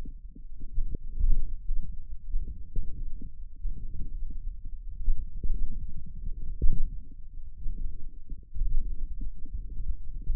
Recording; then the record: forearm muscle sounds (acoustic myography)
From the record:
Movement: radial deviation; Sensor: system 1, eight BSWA MPA416 microphones around the upper forearm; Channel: 8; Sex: male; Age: 28 years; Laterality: right